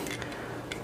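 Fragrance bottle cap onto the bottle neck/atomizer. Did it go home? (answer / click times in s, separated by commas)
no / none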